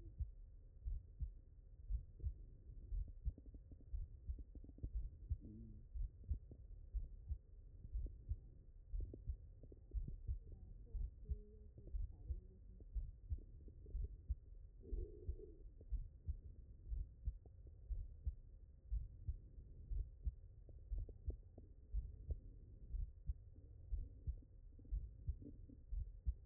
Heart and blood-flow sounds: heart sounds by stethoscope; mitral valve (MV)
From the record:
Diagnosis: non-HFrEF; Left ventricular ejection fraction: 56%

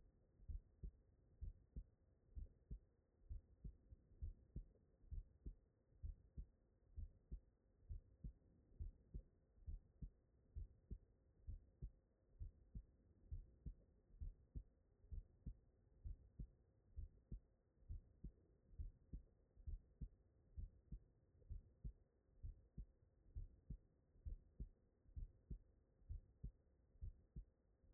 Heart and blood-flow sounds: heart sounds by stethoscope; tricuspid valve (TV)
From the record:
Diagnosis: non-HFrEF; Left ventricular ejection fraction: 58%

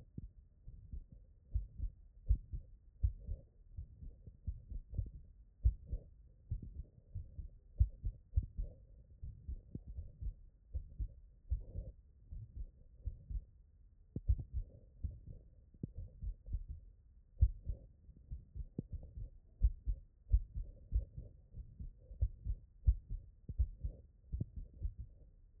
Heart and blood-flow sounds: heart sounds by stethoscope; tricuspid valve (TV)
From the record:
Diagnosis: non-HFrEF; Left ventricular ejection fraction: 48%

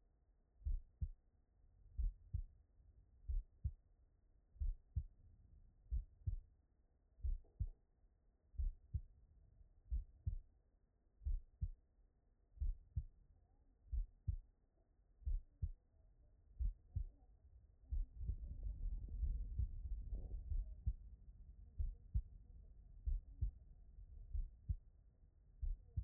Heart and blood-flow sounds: heart sounds by stethoscope; tricuspid valve (TV)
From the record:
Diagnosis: non-HFrEF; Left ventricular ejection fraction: 50%

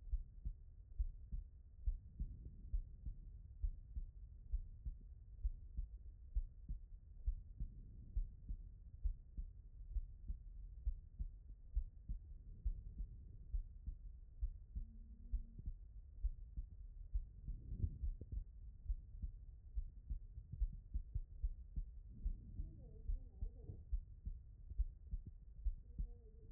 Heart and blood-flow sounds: heart sounds by stethoscope; pulmonary valve (PV)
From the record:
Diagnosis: non-HFrEF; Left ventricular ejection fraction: 61%

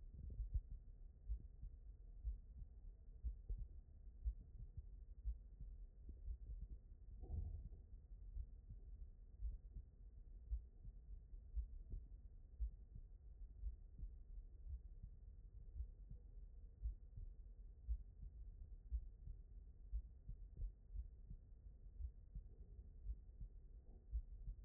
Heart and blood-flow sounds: heart sounds by stethoscope; aortic valve (AV)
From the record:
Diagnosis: non-HFrEF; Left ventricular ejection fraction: 59%

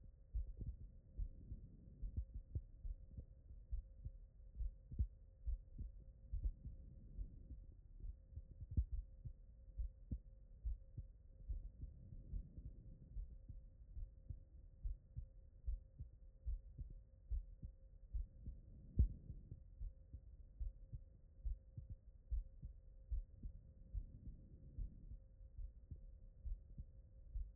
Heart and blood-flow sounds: heart sounds by stethoscope; pulmonary valve (PV)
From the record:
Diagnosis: non-HFrEF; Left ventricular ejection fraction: 62%

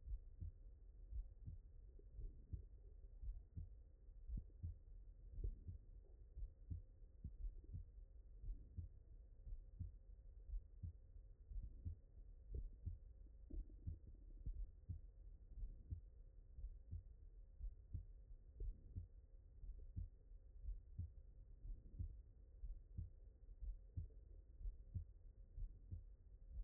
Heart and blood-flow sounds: heart sounds by stethoscope; mitral valve (MV)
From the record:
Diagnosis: HFrEF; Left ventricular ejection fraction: 23%

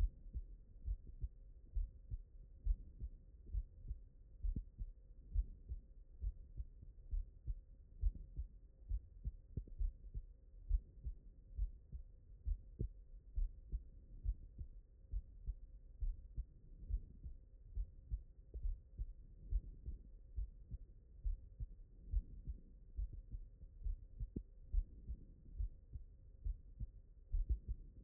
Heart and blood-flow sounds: heart sounds by stethoscope; mitral valve (MV)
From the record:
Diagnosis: non-HFrEF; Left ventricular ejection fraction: 61%

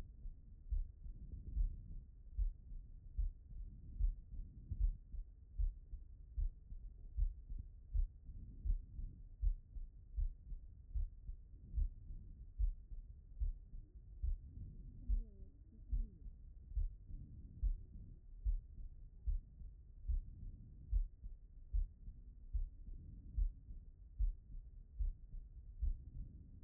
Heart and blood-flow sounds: heart sounds by stethoscope; pulmonary valve (PV)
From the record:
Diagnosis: non-HFrEF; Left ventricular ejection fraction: 68%

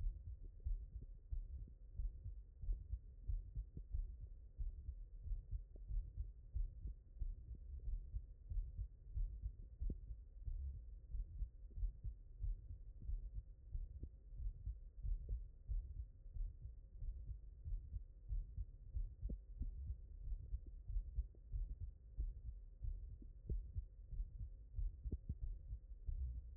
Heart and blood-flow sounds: heart sounds by stethoscope; mitral valve (MV)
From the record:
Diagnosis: non-HFrEF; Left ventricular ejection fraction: 72%

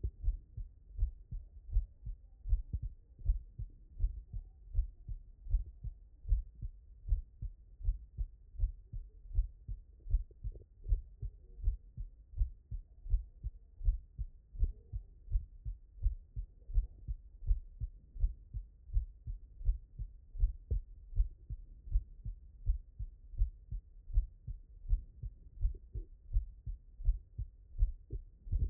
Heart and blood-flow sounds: heart sounds by stethoscope; tricuspid valve (TV)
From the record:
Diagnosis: non-HFrEF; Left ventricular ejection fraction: 67%

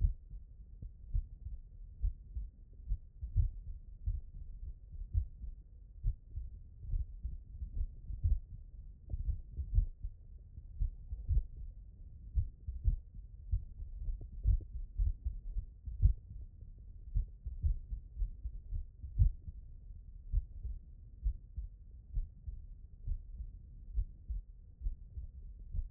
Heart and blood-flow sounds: heart sounds by stethoscope; mitral valve (MV)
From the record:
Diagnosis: non-HFrEF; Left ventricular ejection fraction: 49%

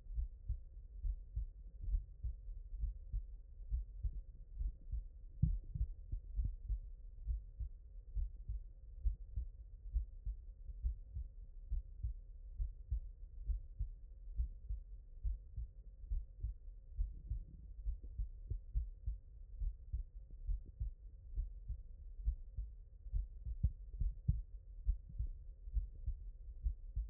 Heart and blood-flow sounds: heart sounds by stethoscope; mitral valve (MV)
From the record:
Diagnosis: non-HFrEF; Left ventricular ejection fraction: 55%

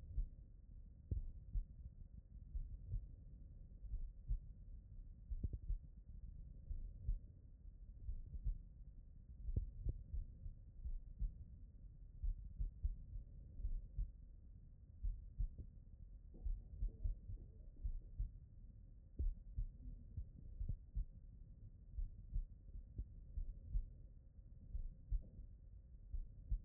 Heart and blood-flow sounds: heart sounds by stethoscope; pulmonary valve (PV)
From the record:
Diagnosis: non-HFrEF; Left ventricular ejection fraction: 64%

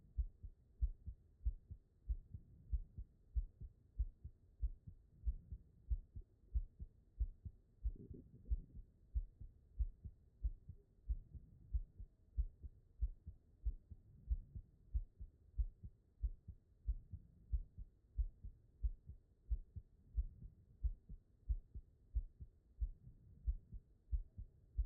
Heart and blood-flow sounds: heart sounds by stethoscope; aortic valve (AV)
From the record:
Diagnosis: non-HFrEF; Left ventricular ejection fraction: 46%

